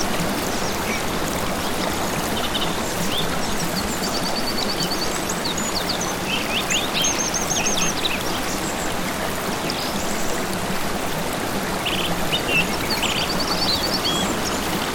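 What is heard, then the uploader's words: A steady, dense wash of running water and wind fills the whole stretch at an even loudness, with a low rumble underneath. Birds call repeatedly above it, short bright chirps and trills scattered throughout, clearest around the seventh and eleventh seconds. MEADOW LAND • Wind, Water & Birds.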